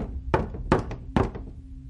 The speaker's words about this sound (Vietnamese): Sau đó, cửa phòng bên cạnh bị gõ. Tiếng gõ cửa vang lên rất đột ngột, làm cho mọi người giật thót cả mình.